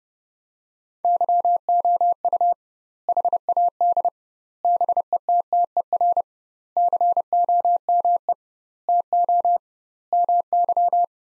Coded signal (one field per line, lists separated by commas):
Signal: Morse code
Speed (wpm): 32 wpm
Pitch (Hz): 700 Hz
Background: none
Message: YOU HAD BETTER COME TO MY